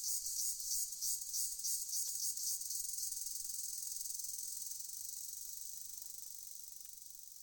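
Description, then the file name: Cicada song, a high buzz pulsing rapidly at first, then smoothing into a steady drone that slowly fades toward the end. From India. "Cicada-Indian Insect Sound"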